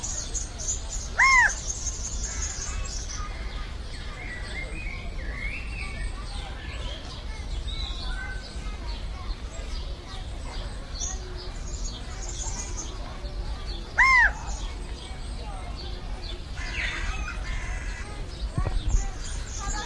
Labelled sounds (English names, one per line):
California Quail call